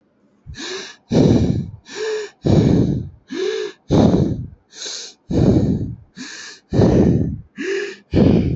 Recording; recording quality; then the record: shallow breathing; excellent, no background noise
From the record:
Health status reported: respiratory illness, not identified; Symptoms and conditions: fever, hypertension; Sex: male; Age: 26 years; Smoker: not ticked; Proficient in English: yes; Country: India